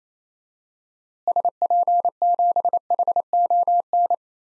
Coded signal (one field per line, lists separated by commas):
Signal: Morse code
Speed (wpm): 27 wpm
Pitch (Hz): 700 Hz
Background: none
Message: SP7HON